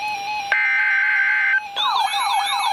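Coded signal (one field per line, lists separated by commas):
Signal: Emergency Alert System (SAME) tones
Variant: header bursts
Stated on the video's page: Severe thunderstorm warning broadcast on NOAA Weather Radio from Milwaukee, Wisconsin.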